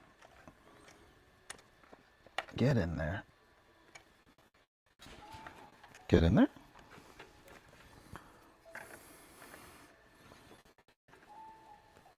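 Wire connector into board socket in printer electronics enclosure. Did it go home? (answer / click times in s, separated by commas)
no / none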